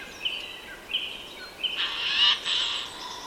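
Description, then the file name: Eurasian jay giving a harsh, rasping screech in two broad bursts after short thin whistled notes, with faint background hiss. "Garrulus glandarius"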